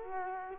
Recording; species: mosquito wingbeat signal from an infrared sensor; Culex quinquefasciatus